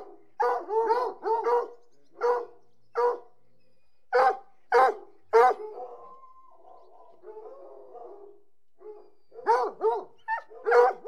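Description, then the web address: Hunting hounds giving short separate yelps at irregular intervals, a softer drawn-out whining stretch, then more sharp yelps. About 60 hunting hounds whining together. "BBC Sound Effects Library. Hunting Hounds"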